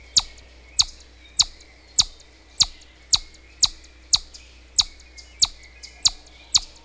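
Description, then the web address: Chipmunk chips: sharp, high notes delivered in a steady run, about one every 0.6 seconds, over quiet low hum. "chipmunk calling"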